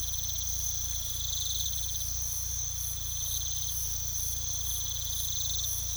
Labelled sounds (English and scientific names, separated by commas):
none